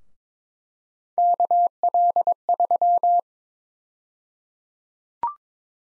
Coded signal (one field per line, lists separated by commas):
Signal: Morse code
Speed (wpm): 23 wpm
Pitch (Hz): 700 Hz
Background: none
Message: KL3